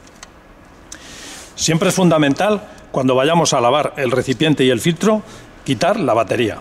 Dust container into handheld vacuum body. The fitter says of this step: y arriba hasta que haga clic.